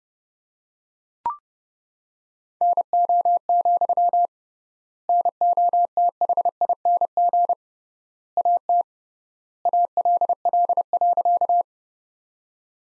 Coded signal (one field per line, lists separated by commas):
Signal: Morse code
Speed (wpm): 30 wpm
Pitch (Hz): 700 Hz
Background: none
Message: NO, NOTHING AT ALL.